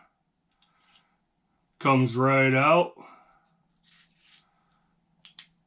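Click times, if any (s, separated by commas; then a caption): 5.2 s, 5.4 s. A utility blade is pushed back into the blade holder of a Gerber Edge clip folding utility knife while someone talks. Two sharp clicks at 5.3 and 5.4 seconds mark the small blade lock popping up as the blade seats in place.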